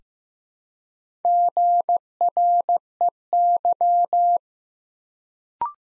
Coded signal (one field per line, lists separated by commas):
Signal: Morse code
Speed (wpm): 15 wpm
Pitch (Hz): 700 Hz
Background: none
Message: GREY